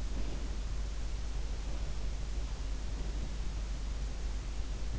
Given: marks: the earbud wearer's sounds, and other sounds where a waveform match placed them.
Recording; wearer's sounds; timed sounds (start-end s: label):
sounds in sleep by an in-ear microphone; breath
0.22-0.87 s: breath
2.84-3.46 s: breath